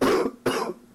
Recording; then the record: coughing mixed with background sound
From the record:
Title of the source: Coughing 77